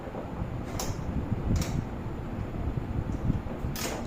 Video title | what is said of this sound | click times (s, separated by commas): கண்டிப்பா இது உங்களுக்கு தேவைப்படும் -- Tablemate unboxing and assembling Detailed review in Tamil | lock ஆகிடுச்சு. | 0.8 s